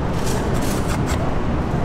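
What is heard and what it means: A drop-in filter tray is handled and pushed toward a mini matte box, with steady broadband noise throughout and no distinct transients. The clip ends before the tray goes home, so nothing has seated or clicked yet.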